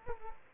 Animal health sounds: mosquito wingbeat signal from an infrared sensor; Culex quinquefasciatus

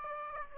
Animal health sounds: mosquito wingbeat signal from an infrared sensor; Aedes aegypti

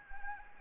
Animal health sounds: mosquito wingbeat signal from an infrared sensor; Anopheles gambiae

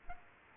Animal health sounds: mosquito wingbeat signal from an infrared sensor; Culex quinquefasciatus

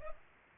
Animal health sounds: mosquito wingbeat signal from an infrared sensor; Anopheles arabiensis

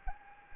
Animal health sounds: mosquito wingbeat signal from an infrared sensor; Anopheles gambiae

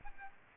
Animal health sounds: mosquito wingbeat signal from an infrared sensor; Aedes aegypti

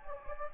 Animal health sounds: mosquito wingbeat signal from an infrared sensor; Anopheles gambiae

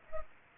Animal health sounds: mosquito wingbeat signal from an infrared sensor; Culex pipiens

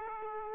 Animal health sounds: mosquito wingbeat signal from an infrared sensor; Aedes aegypti

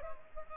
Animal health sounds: mosquito wingbeat signal from an infrared sensor; Culex pipiens

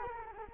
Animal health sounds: mosquito wingbeat signal from an infrared sensor; Culex quinquefasciatus

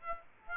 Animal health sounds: mosquito wingbeat signal from an infrared sensor; Aedes aegypti

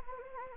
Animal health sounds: mosquito wingbeat signal from an infrared sensor; Anopheles gambiae

